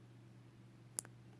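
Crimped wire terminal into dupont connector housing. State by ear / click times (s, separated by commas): seated / 1.0 s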